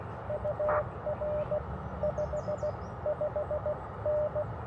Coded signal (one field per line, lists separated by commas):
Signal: Morse code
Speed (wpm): 15 wpm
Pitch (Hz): 590 Hz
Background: none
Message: UR 55N